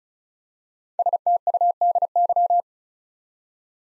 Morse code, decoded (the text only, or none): STUDY